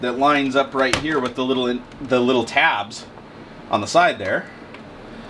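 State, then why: Not seated. Someone talks while pressing a plastic stand onto the side of a Wii U Deluxe Set (32GB) game console, lining its indent up with the small tabs. Only a faint tick is heard near 4.7 s, with no distinct click. The stand has not snapped into place and only holds on by tension.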